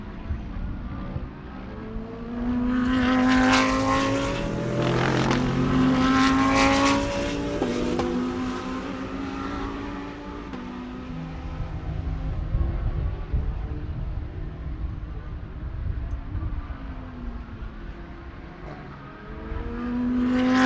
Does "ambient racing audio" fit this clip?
yes